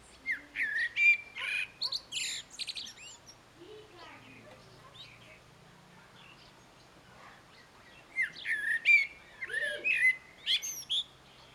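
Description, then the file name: Common blackbird singing: rich fluted warbles followed by sharp, squeaky twittering flourishes, with a pause of several seconds before the next phrase. "Turdus merula"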